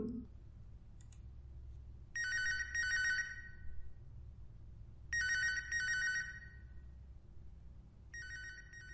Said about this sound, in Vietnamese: Tiếng chuông điện thoại reo lên.